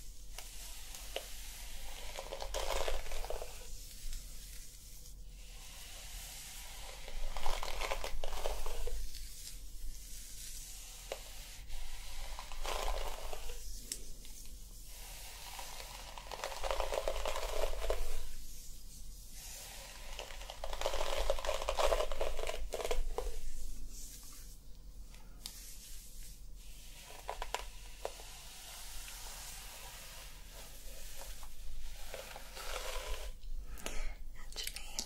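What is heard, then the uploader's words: Hair brushing and hair play. Soft, bright bristly strokes come in uneven bursts every few seconds, with brief crinkly scratches and short pauses between them, over a faint low hum. ASMR Playing With Your Hair Until You Sleep Hair Brushing, Scalp Massage & Hair Play.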